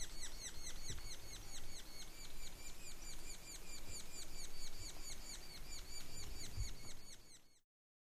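Sapsucker call series: fast, regular, downslurred squeaky notes repeated without pause, with occasional low thumps, ending abruptly in silence.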